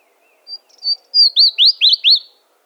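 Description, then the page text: Chestnut-crowned bush warbler song: a thin, high whistle, then several loud, quick slurred notes in a burst, against a quiet background. "Голоса птиц - Рододендроновая короткокрылая камышовка (Cettia major)"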